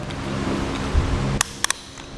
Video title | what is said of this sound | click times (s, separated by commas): etrailer - Yakima Roof Rack Review - 2016 Jeep Cherokee Y00147 | our tightening tool you want to tighten this down to here two or three audible clicks now | 1.4 s, 1.6 s, 1.7 s